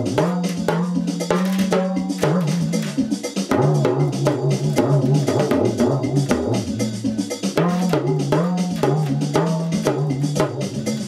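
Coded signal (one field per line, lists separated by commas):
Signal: talking drum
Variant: English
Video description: My Remo Talking drum recites 2 old nursery rhymes; Baa, baa, black sheep, have you any wool?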